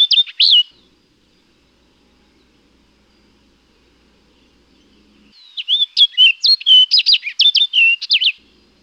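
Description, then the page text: Orchard oriole song: a brief burst of whistled notes opens, then a pause of several seconds before a fast, chattering, up-and-down phrase of clear notes. "Orchard Oriole. Quick Sounds"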